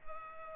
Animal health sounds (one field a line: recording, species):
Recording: mosquito wingbeat signal from an infrared sensor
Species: Culex pipiens